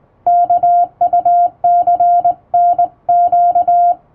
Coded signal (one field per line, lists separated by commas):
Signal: Morse code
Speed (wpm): 20 wpm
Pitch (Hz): 700 Hz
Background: music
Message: KUCNQ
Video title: モールスを正しい姿勢、基本的な打ち方で打ちました！綺麗な手打ちモールス符号で送信しよう！欧文モールス信号を電報練習帳で打ってみました！電気通信術の練習にどうぞ(morse code practice)